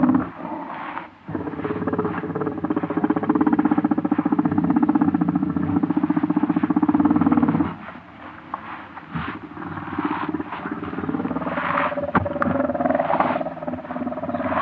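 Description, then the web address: Warthogs growling: a long, buzzy, pulsing growl held for several seconds, then rougher broken snarls and grunts. Several animals, close up, growling and snarling. "wart hogs close up growls and snarls from several animals"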